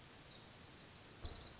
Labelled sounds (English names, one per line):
Pacific Wren